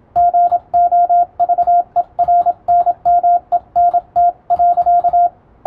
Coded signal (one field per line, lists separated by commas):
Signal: Morse code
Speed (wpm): 27 wpm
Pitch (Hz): 700 Hz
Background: radio noise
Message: GOVERNMENT.